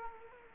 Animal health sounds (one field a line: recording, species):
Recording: mosquito wingbeat signal from an infrared sensor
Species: Culex quinquefasciatus